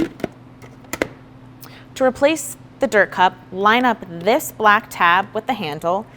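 The plastic lid of the dirt cup on a Hoover ONEPWR Blade cordless stick vacuum is closed after the separator is put back, with a short tap at 0.2 s. The lid snaps shut with two sharp clicks at 0.9 s and 1.0 s, seating it closed. Someone then talks over a low steady hum.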